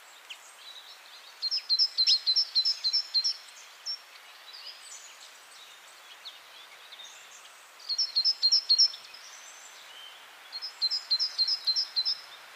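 Great Tit calls: three bouts of rapid, high, ticking notes with quieter pauses between, over a soft background hiss.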